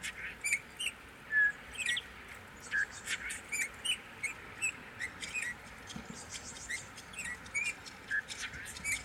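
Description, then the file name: Eurasian bullfinch calls: brief soft piping notes repeated many times, over constant high clicking and chipping. "Pyrrhula pyrrhula"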